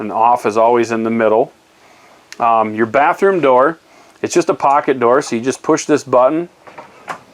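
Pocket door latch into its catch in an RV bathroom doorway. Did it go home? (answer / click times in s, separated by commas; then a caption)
yes / 6.7 s, 6.8 s. Someone talks, then the button on the bathroom pocket door of a 2019 Winnebago View 24D RV is pushed and the door shuts. The pocket door latch clicks into its catch in the doorway at 6.7 s and 6.8 s, locking the door shut.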